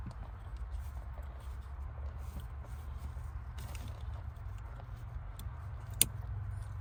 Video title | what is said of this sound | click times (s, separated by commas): DIY Tesla Model Y Ambient Lighting Install - Easy Step-by-Step Guide - Yeslak | so you hear the click sound | 6.0 s